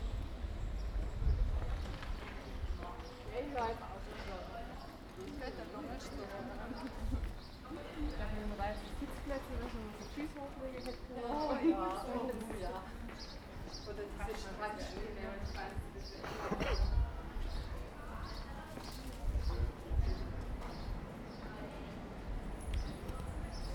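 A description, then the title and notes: Street sounds from Ulm: several voices talk continuously over a steady low rumble, with speech rising and falling throughout. Dull thumps land around 1, 7 and 17 seconds, and scattered taps, perhaps hoof-like clopping, come and go underneath. Sounds of Ulm (Soundscapes meets Kulturradio).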